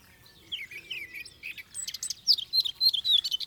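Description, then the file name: Eurasian blackcap song begins softly with scratchy notes, then swells into a brighter, faster warble of clear, slurred whistles toward the end. "Sylvia atricapilla"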